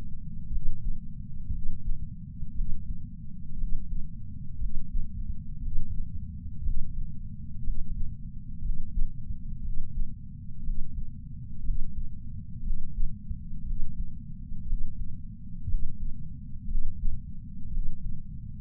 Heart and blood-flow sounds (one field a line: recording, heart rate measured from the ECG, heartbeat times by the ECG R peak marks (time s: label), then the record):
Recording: heart sounds by patch sensor on the chest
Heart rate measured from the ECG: 59 bpm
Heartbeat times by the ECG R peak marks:
0.48 s: heartbeat
1.49 s: heartbeat
2.52 s: heartbeat
3.55 s: heartbeat
4.57 s: heartbeat
5.58 s: heartbeat
6.60 s: heartbeat
7.60 s: heartbeat
8.60 s: heartbeat
9.60 s: heartbeat
10.61 s: heartbeat
11.61 s: heartbeat
12.61 s: heartbeat
13.62 s: heartbeat
14.64 s: heartbeat
15.65 s: heartbeat
16.65 s: heartbeat
17.68 s: heartbeat
From the record:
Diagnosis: coronary artery disease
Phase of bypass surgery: postoperative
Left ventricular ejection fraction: 61.7%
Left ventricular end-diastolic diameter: 51 mm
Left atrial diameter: 37 mm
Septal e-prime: 6.5 cm/s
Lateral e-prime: 9.2 cm/s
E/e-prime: 11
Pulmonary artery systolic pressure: 22 mmHg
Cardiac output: 4.8 L/min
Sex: male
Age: 59 years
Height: 168 cm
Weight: 81 kg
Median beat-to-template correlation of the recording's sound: 0.85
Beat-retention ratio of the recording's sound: 1.00